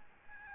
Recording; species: mosquito wingbeat signal from an infrared sensor; Aedes albopictus